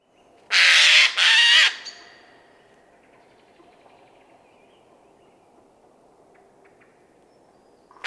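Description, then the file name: Eurasian jay giving two harsh, rasping screeches in quick succession, then quiet with only faint background hiss until another screech starts at the very end. "Garrulus glandarius"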